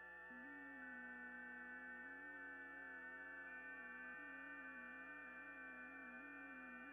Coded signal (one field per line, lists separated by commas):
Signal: FT8